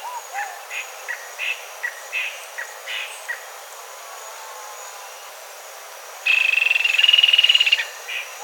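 A bird gives a series of soft short notes, then a loud rapid buzzy trill lasting about a second and a half.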